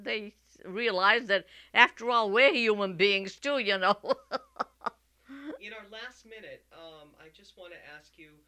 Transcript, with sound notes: They realized that after all we're human beings too, you know. ( she laughs )
In our last minute, I just want to ask you,